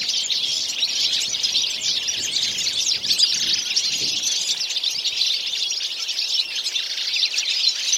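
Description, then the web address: Birds twittering together in a thick, continuous chorus of rapid high chirps. "Deverinetal"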